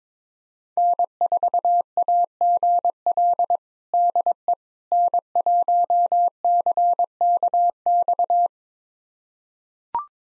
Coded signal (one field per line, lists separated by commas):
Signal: Morse code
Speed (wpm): 22 wpm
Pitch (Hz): 700 Hz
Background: none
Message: N4AGL DE N1CKX